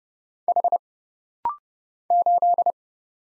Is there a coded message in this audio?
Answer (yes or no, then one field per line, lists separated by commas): yes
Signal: Morse code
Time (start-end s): 0.5-2.7 s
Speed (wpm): 29 wpm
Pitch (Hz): 700 Hz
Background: none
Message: H 8